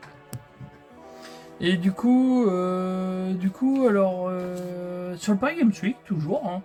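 A plastic Lego brick is pressed home onto the lower section of a Back to the Future brick car model, with a sharp click at 0.3 s showing it has seated. Afterwards someone talks over sustained musical tones.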